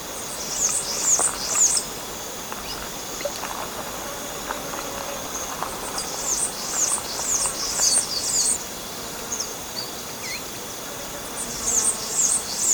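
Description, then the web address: Bananaquit singing three bursts of high, rapid, squeaky notes separated by pauses, with a constant thin background whine. Recorded in Ecuador. "Birds of Ecuador Bananaquit"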